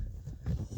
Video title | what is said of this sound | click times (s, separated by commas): 2011-2016 F-250-550 Super Crew 60/40 with Arm Install | you'll hear it click almost right away. | 0.5 s